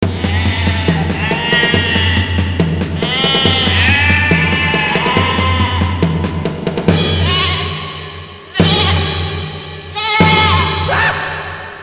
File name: Sheep